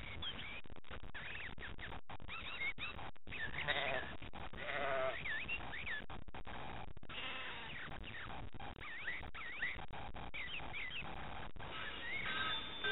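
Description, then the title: Sheep bleating in a busy flock, many wavering, quavering calls overlapping, nearly continuous. Sheep being herded; electronically placed onboard the Voyager 1 and 2 spacecraft. "Golden Record: Herding Sheep"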